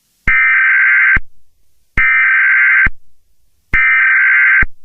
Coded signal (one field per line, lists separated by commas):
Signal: Emergency Alert System (SAME) tones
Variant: header bursts